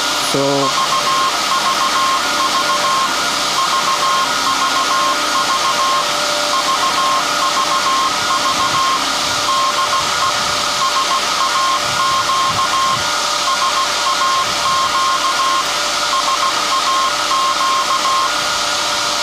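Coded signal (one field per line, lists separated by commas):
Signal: Morse code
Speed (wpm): 16 wpm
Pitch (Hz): 1070 Hz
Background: none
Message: VVV VVV VVV DE SAQ SAQ SAQ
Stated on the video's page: SAQ Grimeton transmission from the 1924 Alexanderson alternator, sent live for the UNESCO 50th anniversary.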